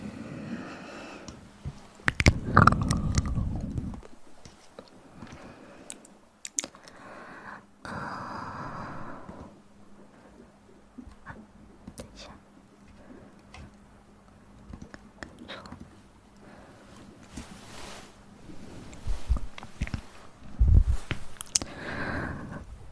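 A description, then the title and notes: Tapping and mouth sounds: sharp clicks and taps scattered through the clip, with wet, chewing-like smacks around two to three seconds and near twenty-one seconds. Between them come soft rustling patches and a faint steady low hum, with quieter gaps at times. Tap trigger and mouth sounds.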